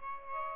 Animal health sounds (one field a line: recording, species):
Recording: mosquito wingbeat signal from an infrared sensor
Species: Aedes albopictus